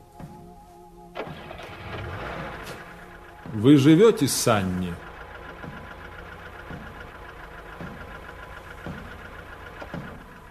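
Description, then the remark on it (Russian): A car engine turns over and roars briefly as a man gets into the car, then settles into a steady, rhythmic low idle that chugs on evenly. A person speaks a short line over the engine noise. “… садится в машину.”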